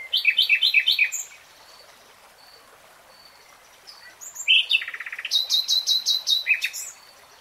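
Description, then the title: Nightingale song: rapid repeated chirping notes, then a pause, followed by a buzzy rattle and fast high trills of repeated notes. Nightingale singing in real time. "[Tiếng chim hót] 3 Hours REALTIME Nightingale Singing"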